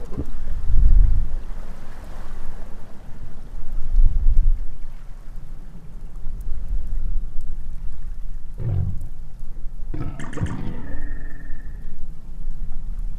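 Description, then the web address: Minke whale producing a few deep thumps, followed by a sharp pulsed burst trailing into a brief steady tone. "Minke Vocalisations. wilderness songs"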